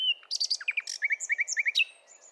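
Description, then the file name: Common nightingale song: a varied phrase of sharp high notes followed by a run of paired, slurred notes repeated quickly, ending in a bright flourish. "Luscinia megarhynchos"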